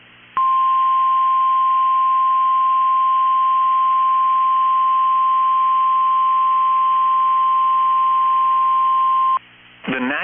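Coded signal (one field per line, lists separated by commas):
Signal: Emergency Alert System (SAME) tones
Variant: 1050 Hz attention tone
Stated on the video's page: Required weekly test received from NOAA Weather Radio station; a make-up for the Mount Holly test.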